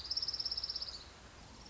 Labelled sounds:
Orange-crowned Warbler
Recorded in Sonoma County, California

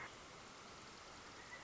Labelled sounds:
Pileated Woodpecker
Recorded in Sonoma County, California

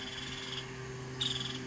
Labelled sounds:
Nuttall's Woodpecker
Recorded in Sonoma County, California

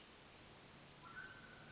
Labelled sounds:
Mountain Quail
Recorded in Sonoma County, California

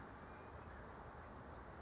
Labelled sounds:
California Towhee
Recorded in Sonoma County, California

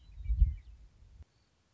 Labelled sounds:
Western Meadowlark
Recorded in Sonoma County, California

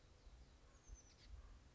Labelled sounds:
Oak Titmouse
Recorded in Sonoma County, California

